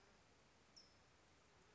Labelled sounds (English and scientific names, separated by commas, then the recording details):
California Towhee (Melozone crissalis)
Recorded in Sonoma County, California